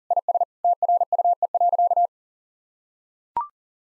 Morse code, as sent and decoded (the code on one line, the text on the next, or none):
.. ... / - .-. ..- . .-.-.-
IS TRUE.